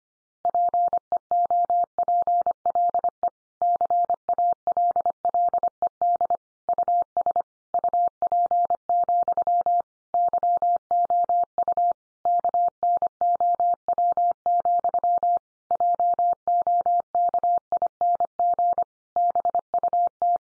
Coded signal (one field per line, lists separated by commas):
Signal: Morse code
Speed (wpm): 25 wpm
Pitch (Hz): 700 Hz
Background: none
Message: PEOPLE CALLED US UP, YOU KNOW, JOKING BUT